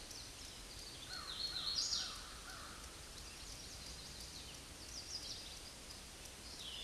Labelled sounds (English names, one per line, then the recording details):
Hooded Warbler song
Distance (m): 45 m
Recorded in a Pennsylvania forest on 18 May 2023 at 09:25
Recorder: AudioMoth, point grid1_11_low
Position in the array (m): 191 m, 122 m